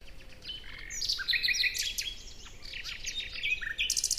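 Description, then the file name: Common nightingale singing varied sharp chirps and short whistles, closing with a quick pulsed rattle of high notes. "Luscinia megarhynchos"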